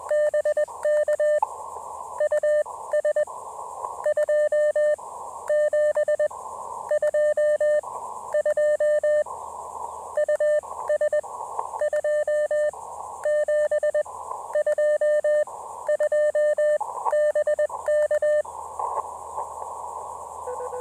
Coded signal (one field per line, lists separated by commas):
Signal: Morse code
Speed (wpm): 21 wpm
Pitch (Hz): 600 Hz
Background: radio noise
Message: BK US 2722 US 2722 BK